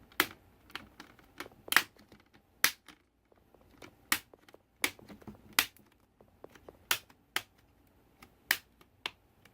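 A plastic screen bezel on a Lenovo Y40-80 laptop is pressed around its edges, and its clips snap into the lid frame one by one. Sharp clicks sound at 0.2, 2.6, 4.1, 5.6 and 8.5 seconds, with quieter ticks and rustling between them. Each remaining clip seats home in the frame.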